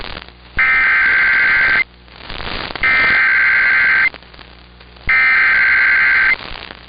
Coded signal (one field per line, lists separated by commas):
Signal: Emergency Alert System (SAME) tones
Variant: header bursts